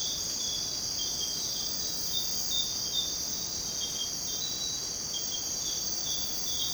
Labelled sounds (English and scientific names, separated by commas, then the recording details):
none
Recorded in secondary vegetation near Puerto Asís, Putumayo, Colombia, on 19 February 2024 at 06:00
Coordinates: 0.489, -76.322
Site G6419